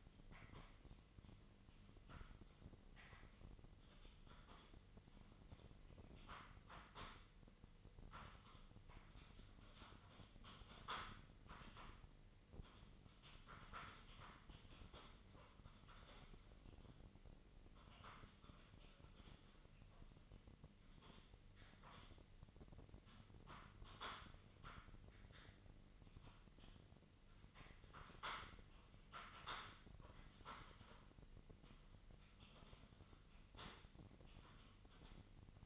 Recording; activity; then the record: daily activity, microphone in the room; typing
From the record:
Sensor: 4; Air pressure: 1008.4 hPa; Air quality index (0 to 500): 82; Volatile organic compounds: 1 ppm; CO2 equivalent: 652 ppm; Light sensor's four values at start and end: 16/37/15/15 and 16/36/14/14